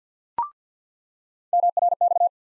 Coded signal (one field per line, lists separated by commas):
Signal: Morse code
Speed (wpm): 50 wpm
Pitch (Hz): 700 Hz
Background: none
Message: MRX